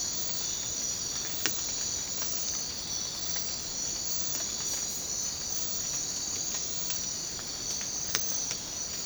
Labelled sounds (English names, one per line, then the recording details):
none
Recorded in secondary vegetation near Puerto Asís, Putumayo, Colombia, on 19 March 2025 at 04:00
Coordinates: 0.484, -76.319
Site G010